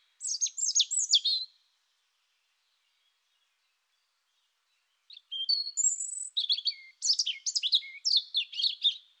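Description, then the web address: European robin song: a fast cascade of high tumbling notes, then after a pause a longer phrase mixing thin whistles and rapid, varied trills. "annee-nature rougegorge"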